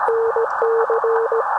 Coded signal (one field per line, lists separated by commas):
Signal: Morse code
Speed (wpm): 17 wpm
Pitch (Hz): 460 Hz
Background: none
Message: NC